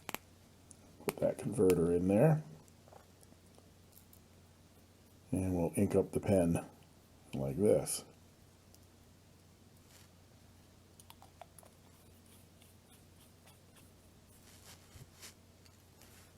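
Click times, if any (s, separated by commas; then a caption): none. Someone talks while a converter is put into a fountain pen and the pen is inked, with small handling taps and clicks throughout. The cap is being brought to the fountain pen's section, but nothing has snapped shut or seated yet.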